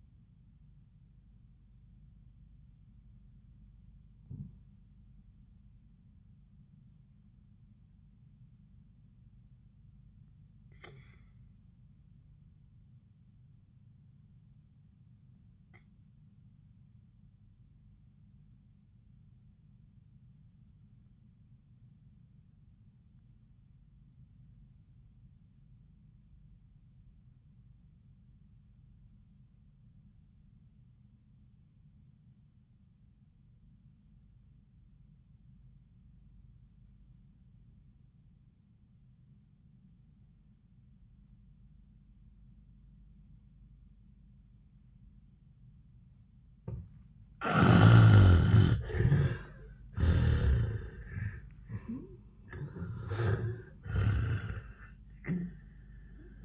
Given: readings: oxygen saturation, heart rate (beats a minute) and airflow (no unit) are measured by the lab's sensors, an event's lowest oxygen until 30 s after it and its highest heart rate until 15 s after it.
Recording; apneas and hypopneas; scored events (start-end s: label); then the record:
breathing in sleep by a smartphone at the bedside; 1
5.00-48.40 s: obstructive apnea (REM, oxygen 98% highest, then 66% lowest, heart rate 88 at the start, 94 highest)
From the record:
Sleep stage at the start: REM sleep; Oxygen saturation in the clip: 73 to 98%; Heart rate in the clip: 64 to 94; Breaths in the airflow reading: 4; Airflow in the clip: -33.7 to 12.5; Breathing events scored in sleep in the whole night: 400 in 8.7 hours asleep